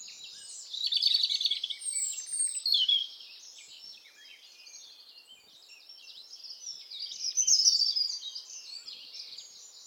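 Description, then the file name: European robin song: high, tumbling warbled phrases with fast trills, loudest near the start and again toward the end, over a constant background hiss. "Erithacus rubecula"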